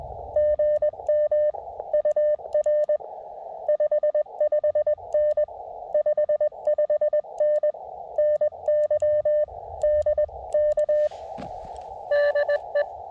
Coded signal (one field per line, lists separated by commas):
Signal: Morse code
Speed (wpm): 20 wpm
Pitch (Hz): 580 Hz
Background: radio noise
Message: GM UR 55N 55N NY DK DE